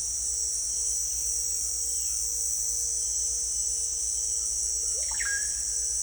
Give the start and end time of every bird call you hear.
[4.95, 5.49] bird call (0.5-4.0 kHz)

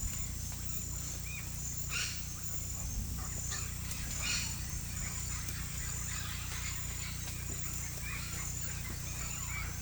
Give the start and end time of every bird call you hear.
[0.60, 9.82] bird call (0.9-7.5 kHz)

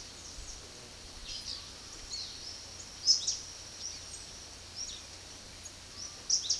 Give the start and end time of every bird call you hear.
[3.02, 6.60] bird call (2.5-8.8 kHz)

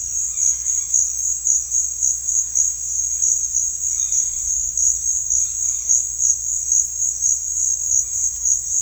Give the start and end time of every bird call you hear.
[0.23, 1.18] bird call (0.6-4.0 kHz)
[3.88, 4.74] bird call (0.6-4.4 kHz)
[5.37, 6.03] bird call (0.7-4.0 kHz)

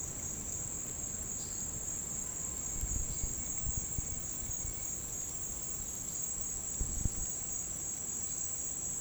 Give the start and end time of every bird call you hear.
[1.34, 1.60] bird call (3.0-6.4 kHz)
[1.86, 4.94] bird call (1.5-5.4 kHz)
[5.96, 6.19] bird call (3.0-5.7 kHz)
[8.25, 9.00] bird call (3.2-5.7 kHz)

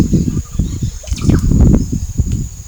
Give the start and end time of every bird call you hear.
[1.10, 1.61] bird call (2.2-9.5 kHz)

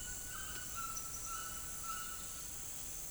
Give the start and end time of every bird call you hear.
[0.04, 2.50] bird call (0.8-3.8 kHz)

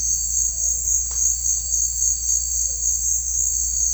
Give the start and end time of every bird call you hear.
[0.38, 0.92] bird call (0.3-1.3 kHz)

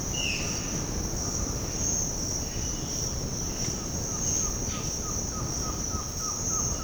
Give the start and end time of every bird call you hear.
[0.12, 0.68] bird call (1.5-3.6 kHz)
[4.03, 6.83] bird call (0.8-1.8 kHz)

